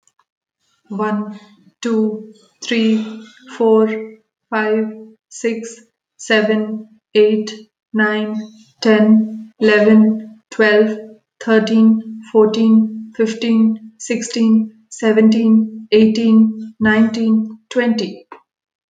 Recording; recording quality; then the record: counting at a normal pace; excellent, no background noise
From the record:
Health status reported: COVID-19 positive, no symptoms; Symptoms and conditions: loss of smell and taste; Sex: female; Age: 33 years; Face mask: not worn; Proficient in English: yes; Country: India